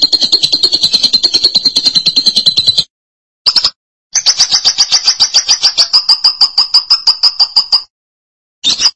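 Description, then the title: Lovebird chattering song: long buzzy, rapidly pulsed high trills broken by short pauses, with brief bursts between longer runs. "BM Suara Burung Lovebird"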